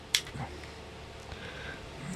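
A fold-out tool is lifted out of a stainless steel multi-tool handle and snaps into its open, locked position with one sharp, bright click at 0.2 s. The tool is seated open, and only faint handling noise follows in a quiet small room.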